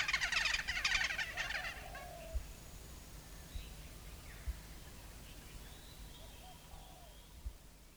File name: black headed woodpecker